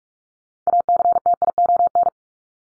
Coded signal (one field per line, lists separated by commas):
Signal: Morse code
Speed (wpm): 44 wpm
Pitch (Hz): 700 Hz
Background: none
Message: ACTION